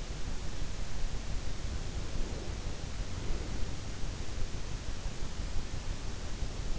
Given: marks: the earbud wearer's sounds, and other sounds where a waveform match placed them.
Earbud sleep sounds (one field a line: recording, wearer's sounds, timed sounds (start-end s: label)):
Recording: sounds in sleep by an in-ear microphone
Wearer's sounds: breath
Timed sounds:
1.78-3.57 s: breath